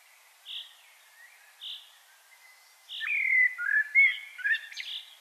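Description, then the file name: Common blackbird song: a slurred, whistled phrase with squeaky high notes, preceded and followed by another bird's short high notes repeated about once a second. "Turdus merula"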